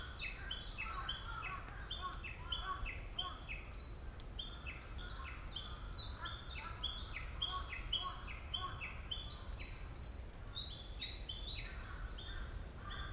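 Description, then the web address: Bird chorus of busy, overlapping high chirps and short whistles throughout, with constant low background noise. "yacho koe 190614"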